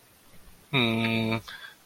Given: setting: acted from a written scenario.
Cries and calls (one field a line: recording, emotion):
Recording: vocal sound without words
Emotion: romantic love